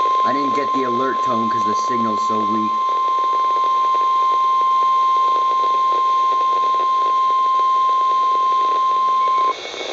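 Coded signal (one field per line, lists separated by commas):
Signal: Emergency Alert System (SAME) tones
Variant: 1050 Hz attention tone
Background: speech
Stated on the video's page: Real NOAA Weather Radio EAS alert for a severe thunderstorm warning.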